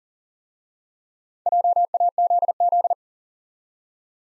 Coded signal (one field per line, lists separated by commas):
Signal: Morse code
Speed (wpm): 38 wpm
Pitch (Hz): 700 Hz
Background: none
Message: JAZZ